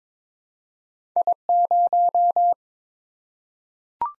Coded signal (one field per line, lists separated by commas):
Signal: Morse code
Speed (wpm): 22 wpm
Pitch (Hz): 700 Hz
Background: none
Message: I0